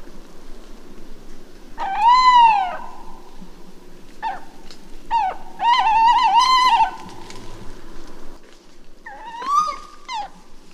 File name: Chouette hulotte